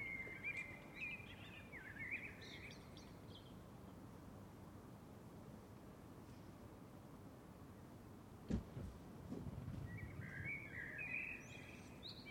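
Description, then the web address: Bird twittering in short bursts at the start and near the end, a single sharp click between them, all over constant rushing background noise. Calm summer evening. "Lynne Music 2 Birds-Summer-Evening-Calm"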